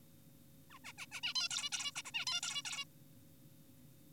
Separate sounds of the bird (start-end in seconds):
0.71-0.79, 0.84-0.93, 0.98-1.06, 1.12-1.21, 1.23-1.34, 1.36-1.48, 1.51-1.70, 1.72-1.92, 1.96-2.02, 2.05-2.12, 2.14-2.25, 2.27-2.40, 2.43-2.62, 2.65-2.84